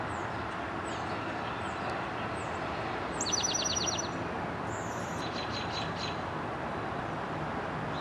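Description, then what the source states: Towhee song with a bright opening note followed by a fast, even trill of several notes, over steady loud background noise. Song; recorded 23 April 2007.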